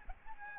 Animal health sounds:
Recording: mosquito wingbeat signal from an infrared sensor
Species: Aedes albopictus

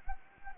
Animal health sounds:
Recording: mosquito wingbeat signal from an infrared sensor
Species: Anopheles gambiae

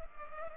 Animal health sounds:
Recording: mosquito wingbeat signal from an infrared sensor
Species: Culex pipiens

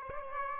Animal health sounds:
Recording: mosquito wingbeat signal from an infrared sensor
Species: Aedes aegypti

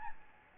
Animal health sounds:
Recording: mosquito wingbeat signal from an infrared sensor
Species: Aedes albopictus

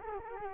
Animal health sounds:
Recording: mosquito wingbeat signal from an infrared sensor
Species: Culex quinquefasciatus

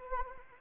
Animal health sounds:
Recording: mosquito wingbeat signal from an infrared sensor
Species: Anopheles arabiensis

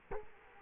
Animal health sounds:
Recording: mosquito wingbeat signal from an infrared sensor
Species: Culex quinquefasciatus

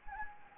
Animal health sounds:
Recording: mosquito wingbeat signal from an infrared sensor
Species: Anopheles gambiae

